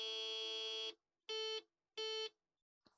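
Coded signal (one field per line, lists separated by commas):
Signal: beep code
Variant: Apple II dead test ROM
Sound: one long buzzy beep followed by two short buzzy beeps, evenly spaced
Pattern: 1 long, 2 short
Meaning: The RAM's second data bit is bad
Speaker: It's telling us that the second bit is bad right now.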